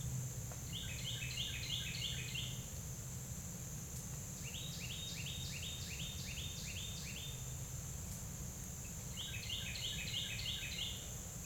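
Carolina wren singing three bouts of fast, rich repeated phrases, each bout several phrases long, against a continuous high-pitched insect whine and low rumble.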